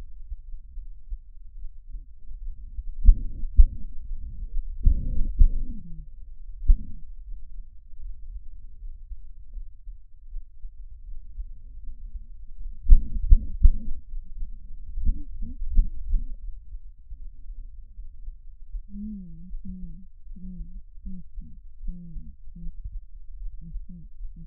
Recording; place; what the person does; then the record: lung sounds by stethoscope; right posterior basal chest; quiet breathing, then cough and speech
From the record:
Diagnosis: asthma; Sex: female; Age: 56 years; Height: 161 cm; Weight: 85 kg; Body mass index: 32.8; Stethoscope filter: bell mode